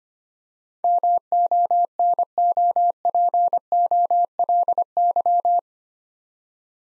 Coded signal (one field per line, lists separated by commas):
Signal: Morse code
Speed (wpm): 25 wpm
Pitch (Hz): 700 Hz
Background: none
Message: MONOPOLY